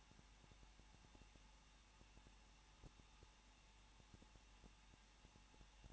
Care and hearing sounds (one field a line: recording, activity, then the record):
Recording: daily activity, microphone in the room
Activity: no activity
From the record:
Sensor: 1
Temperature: 20.1 degrees Celsius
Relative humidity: 39.1%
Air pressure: 1006.5 hPa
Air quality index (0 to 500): 217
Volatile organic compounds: 73 ppm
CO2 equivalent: 3547 ppm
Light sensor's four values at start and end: 1/2/1/1 and 1/2/1/1